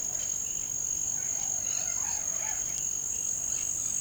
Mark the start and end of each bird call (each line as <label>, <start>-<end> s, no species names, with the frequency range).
bird call (0.4-6.0 kHz), 0.00-2.58 s